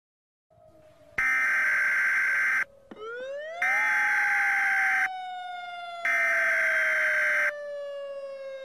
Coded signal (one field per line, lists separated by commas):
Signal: Emergency Alert System (SAME) tones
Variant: header bursts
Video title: EAS Scenario #7: Tsunami